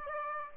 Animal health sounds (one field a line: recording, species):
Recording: mosquito wingbeat signal from an infrared sensor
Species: Aedes aegypti